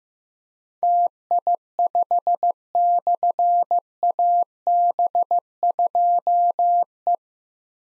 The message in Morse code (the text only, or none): TI5/AB2E